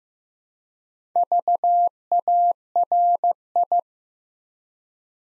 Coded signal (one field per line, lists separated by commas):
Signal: Morse code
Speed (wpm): 15 wpm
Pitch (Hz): 700 Hz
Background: none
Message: VARI